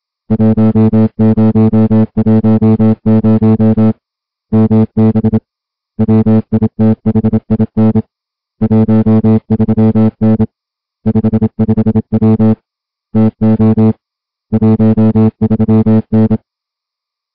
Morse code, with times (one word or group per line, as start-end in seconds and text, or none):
0.3-3.9 1010
4.5-5.4 MB
6.0-8.0 WITHIN
8.6-10.4 13N
11.1-12.5 55W
13.2-13.9 TO
14.5-16.4 13N